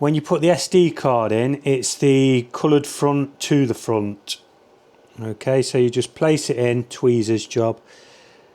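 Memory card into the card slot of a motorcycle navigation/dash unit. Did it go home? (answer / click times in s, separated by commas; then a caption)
no / none. A microSD card is placed with tweezers, coloured front facing forward, into the spring-loaded card slot of an Aoocci C6 Pro motorcycle display unit on a Honda CRF 300 Rally. Someone talks throughout, with a quiet pause around 4.2 to 5.2 seconds. The card has not yet seated or clicked into place.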